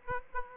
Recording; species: mosquito wingbeat signal from an infrared sensor; Aedes aegypti